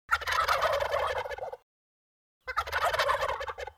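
Wild turkey gobbling in two loud rattling bursts, each over a second long, separated by a short silence.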